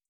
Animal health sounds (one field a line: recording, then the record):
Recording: hydrophone in a shrimp aquaculture tank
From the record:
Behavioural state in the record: feeding